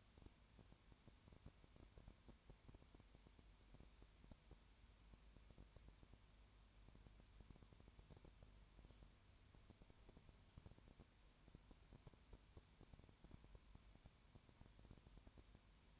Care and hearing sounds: daily activity, microphone in the room; no activity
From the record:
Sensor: 2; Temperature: 20.3 degrees Celsius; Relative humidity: 33.8%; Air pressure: 1003.1 hPa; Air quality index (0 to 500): 82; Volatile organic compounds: 1 ppm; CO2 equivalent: 779 ppm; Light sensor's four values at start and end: 2/3/2/2 and 2/3/2/2

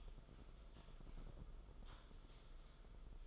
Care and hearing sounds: daily activity, microphone in the room; typing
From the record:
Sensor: 5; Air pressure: 994.5 hPa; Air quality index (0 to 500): 171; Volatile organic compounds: 622 ppm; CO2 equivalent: 4963 ppm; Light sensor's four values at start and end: 9/22/9/10 and 9/22/9/10

